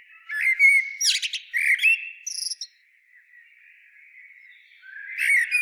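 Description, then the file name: Common blackbird singing a brief mellow warble followed by sharp high squeaks and a trailing faint twitter, then a fresh phrase starts near the end. "Turdus merula"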